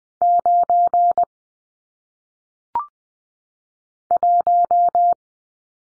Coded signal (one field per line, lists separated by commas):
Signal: Morse code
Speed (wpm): 20 wpm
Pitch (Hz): 700 Hz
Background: none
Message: 9 1